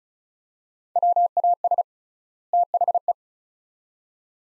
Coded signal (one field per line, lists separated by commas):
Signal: Morse code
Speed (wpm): 36 wpm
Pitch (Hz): 700 Hz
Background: none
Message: WAS THE